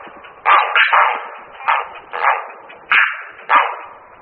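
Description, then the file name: Grey heron harsh calls: a run of loud, grating croaks about every half second to second, with rougher, scratchy tails between them. "Volavka-popelavá"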